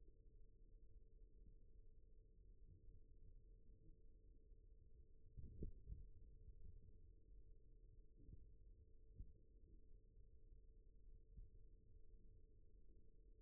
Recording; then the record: forearm muscle sounds (acoustic myography)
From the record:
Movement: rest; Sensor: system 1, eight BSWA MPA416 microphones around the upper forearm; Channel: 2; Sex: male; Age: 41 years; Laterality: right